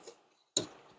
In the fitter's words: You should hear a click when you put them in.